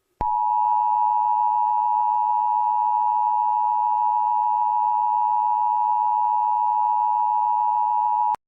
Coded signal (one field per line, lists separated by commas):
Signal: Emergency Alert System (SAME) tones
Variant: 853 and 960 Hz attention tone